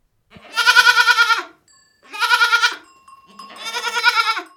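Goat bleats in a series of three drawn-out, wavering cries, each roughly a second long, with brief gaps between them.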